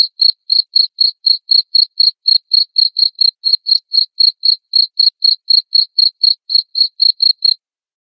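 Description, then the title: Cricket chirping: a long series of short high pulses, about four a second, stopping shortly before the end. Loud chirping of a cricket, played to stimulate lovebirds into continuous singing. "Suara JANGKRIK NGERIK Keras Bikin LOVEBIRD Jadi NGEKEK Terus Vubey"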